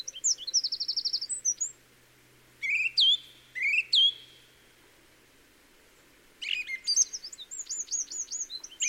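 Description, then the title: Song thrush song: a fast high trill, then a sweeping phrase sung twice with pauses between, followed by a string of sharp repeated notes. Song thrush singing, Peak District, during lockdown; described as the longest unbroken song ever heard from a thrush. "Thrush and wren, Peak District"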